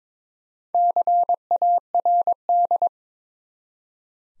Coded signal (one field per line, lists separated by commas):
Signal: Morse code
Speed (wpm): 22 wpm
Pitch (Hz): 700 Hz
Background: none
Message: CARD